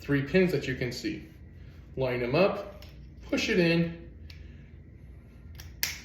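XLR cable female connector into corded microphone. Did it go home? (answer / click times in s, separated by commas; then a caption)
yes / 5.8 s. Someone talks while the female end of an XLR cable is lined up with the three pins of a corded microphone and pushed in. A few faint ticks come first, then a sharp snap at 5.8 s as the connector seats into the microphone.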